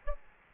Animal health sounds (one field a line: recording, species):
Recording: mosquito wingbeat signal from an infrared sensor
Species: Aedes albopictus